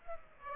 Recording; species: mosquito wingbeat signal from an infrared sensor; Aedes aegypti